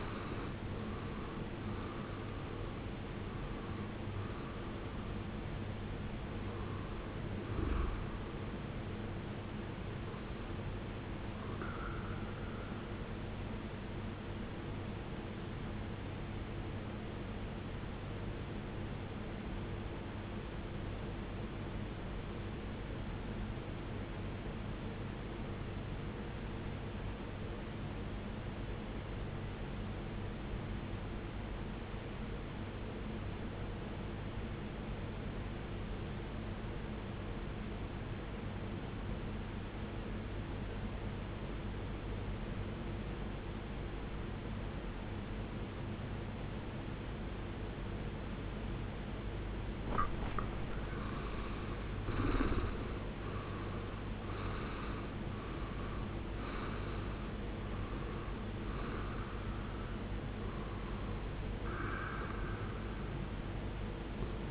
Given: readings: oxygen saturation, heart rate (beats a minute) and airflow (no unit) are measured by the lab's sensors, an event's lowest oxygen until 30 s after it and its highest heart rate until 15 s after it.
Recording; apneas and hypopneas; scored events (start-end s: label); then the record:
breathing in sleep by a voice recorder at the bedside; 1
19.00-52.20 s: obstructive apnea (REM, oxygen 95% highest, then 79% lowest, heart rate 52 at the start, 77 highest)
From the record:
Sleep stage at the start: REM sleep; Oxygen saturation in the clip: 78 to 95%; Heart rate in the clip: 42 to 78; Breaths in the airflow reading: 10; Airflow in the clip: -17.0 to 17.5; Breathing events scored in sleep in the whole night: 389 in 6.3 hours asleep